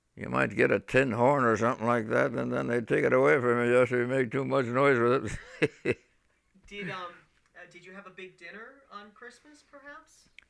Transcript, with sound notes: You might get a tin horn or something like that, and then they'd take it away from you because you made too much noise with it. ( he laughs )
Did you have a big dinner on Christmas, perhaps?